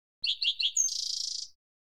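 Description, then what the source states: Songbird song: a few quick high chirped notes followed by a thin high whistle and a rapid buzzy high trill. In a canyon.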